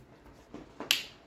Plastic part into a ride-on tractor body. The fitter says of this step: Oh, there we go. You hear that? Clicked. Clicked on there.